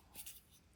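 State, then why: Not seated. A Barlow folding pocketknife is handled as its blade is being closed on the restored backspring, after the new edge has been shown. Soft scraping and rustling peak between about 0.15 and 0.4 s, followed by quiet handling. The blade has not snapped closed yet; nothing has seated or clicked.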